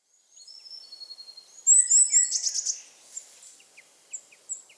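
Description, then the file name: Eurasian blue tit calling with thin, high whistled notes, then a loud burst of rapid buzzy scolding and high whistles, ending with scattered faint ticking notes. "Cyanistes caeruleus"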